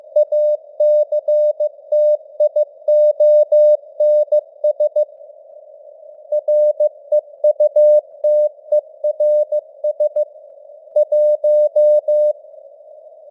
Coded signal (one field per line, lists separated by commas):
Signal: Morse code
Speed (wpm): 15 wpm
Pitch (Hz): 600 Hz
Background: none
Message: ACTIONS REUTERS 1